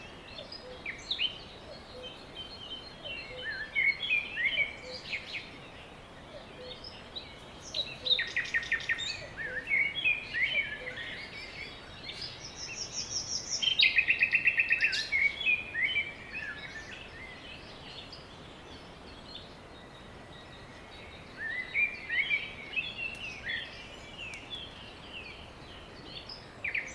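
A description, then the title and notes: Birds chirp and sing in a forest, with bright, busy phrases coming in bursts around 3–10 seconds, 13–16 seconds and again near 22 seconds. Between bursts a soft, steady outdoor hiss fills the background, and a few calls drift through. Forest Birdsong - Relaxing Nature Sounds - Birds Chirping - REALTIME - NO LOOP.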